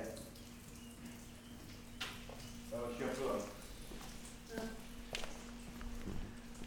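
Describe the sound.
Thermal spring water pours steadily from the Fontanafredda fountain in Acqui Terme, Italy, in a constant splashing rush, with a low steady hum beneath, scattered sharp clicks and brief murmurs of voices.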